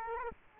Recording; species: mosquito wingbeat signal from an infrared sensor; Culex quinquefasciatus